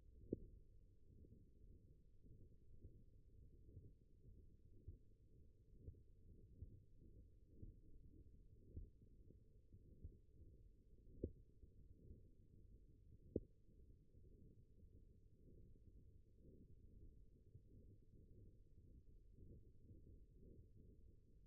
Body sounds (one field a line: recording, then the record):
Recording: forearm muscle sounds (acoustic myography)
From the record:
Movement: radial deviation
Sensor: system 1, eight BSWA MPA416 microphones around the upper forearm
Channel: 3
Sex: male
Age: 21 years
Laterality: right